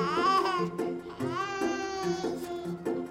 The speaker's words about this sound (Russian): Вот что ты хнычешь?